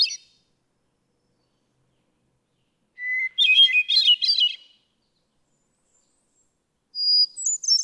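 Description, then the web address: Hermit thrush singing: a low held whistle breaks into a cascade of shimmering fluty notes, followed after a pause by a higher-pitched phrase. "birdsongforthecurious songs Hermit Thrush"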